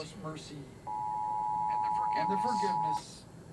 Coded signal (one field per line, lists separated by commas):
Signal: Emergency Alert System (SAME) tones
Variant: 853 and 960 Hz attention tone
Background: speech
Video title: Behind the Scenes of a National EAS Test